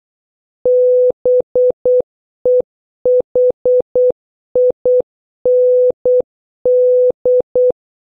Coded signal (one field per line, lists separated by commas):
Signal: Morse code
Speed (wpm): 8 wpm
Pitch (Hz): 500 Hz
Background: none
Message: BEHIND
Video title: 6. Practice Morse Code Words with Sound - A to N (Increasing speed) (Must Watch previous videos)